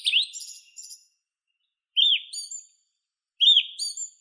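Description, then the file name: Song thrush song phrases: sharp rising whistled notes with high twittery trailing parts, in three similar bursts. "Neizvesten - Drozd pevchij Turdus philomelos (Zvyki com)"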